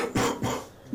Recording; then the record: coughing mixed with background sound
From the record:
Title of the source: Spring Cold Coughing 3